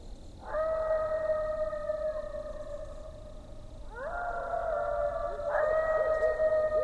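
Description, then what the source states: Coyote howls, three long steady tones that each start with a sharp upward slide, the second and third beginning around four and five and a half seconds. Several coyotes, recorded on 2012-01-20.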